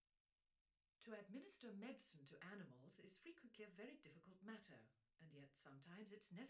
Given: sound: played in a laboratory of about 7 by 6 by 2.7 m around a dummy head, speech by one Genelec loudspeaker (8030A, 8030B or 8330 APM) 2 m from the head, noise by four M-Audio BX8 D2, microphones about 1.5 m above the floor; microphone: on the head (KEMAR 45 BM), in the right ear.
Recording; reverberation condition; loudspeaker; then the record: female speech in English; low; behind (180 degrees)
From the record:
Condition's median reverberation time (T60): about 310 ms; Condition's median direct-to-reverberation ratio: about 3.5 dB